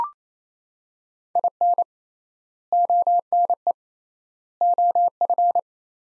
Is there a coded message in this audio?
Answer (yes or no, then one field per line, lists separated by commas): yes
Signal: Morse code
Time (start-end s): 1.4-5.6 s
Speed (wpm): 28 wpm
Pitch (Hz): 700 Hz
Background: none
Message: IN ONE OF